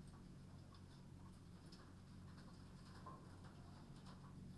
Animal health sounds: poultry house recording; no chicken sound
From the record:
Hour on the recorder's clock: 23

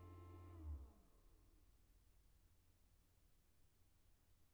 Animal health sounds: poultry house recording; no chicken sound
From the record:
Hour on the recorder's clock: 16

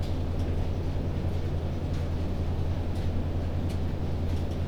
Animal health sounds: poultry house recording; no chicken sound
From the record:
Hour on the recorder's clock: 21

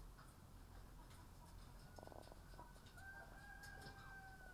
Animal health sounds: poultry house recording; sick chickens (respiratory disease)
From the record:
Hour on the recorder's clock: 10

